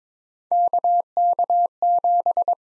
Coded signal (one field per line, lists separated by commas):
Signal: Morse code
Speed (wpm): 22 wpm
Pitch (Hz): 700 Hz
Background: none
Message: KK7